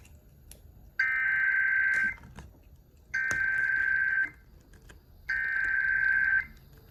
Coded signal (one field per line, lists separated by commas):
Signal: Emergency Alert System (SAME) tones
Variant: header bursts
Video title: BEFORE RICHMOND... Alerts from 7/29/23 (EAS #769 - 787)